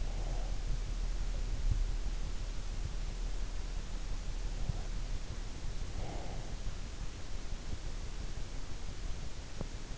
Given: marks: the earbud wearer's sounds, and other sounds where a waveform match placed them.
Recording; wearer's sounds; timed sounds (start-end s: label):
sounds in sleep by an in-ear microphone; breath
0.00-1.75 s: breath
4.41-6.72 s: breath
9.51-9.81 s: sound from someone else or the room